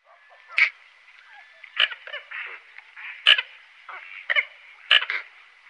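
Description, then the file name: Red-knobbed coot calls: a series of harsh, clipped notes, several louder, with softer chatter between them. "Kamsothona"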